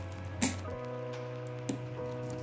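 A RAM module is pushed straight down with both hands into a motherboard DIMM slot until the retention clips snap and it seats. Sharp snaps are heard at 0.4 s and 1.7 s over a steady low hum, followed by a fainter tick near 2.3 s.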